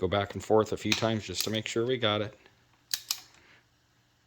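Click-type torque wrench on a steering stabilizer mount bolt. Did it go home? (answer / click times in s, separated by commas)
yes / 2.9 s, 3.1 s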